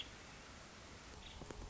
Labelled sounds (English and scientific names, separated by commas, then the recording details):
Nuttall's Woodpecker (Dryobates nuttallii)
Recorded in Sonoma County, California